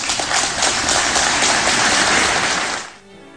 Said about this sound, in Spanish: Bueno, escuchábamos los aplausos finales. Evidentemente esto les gustó.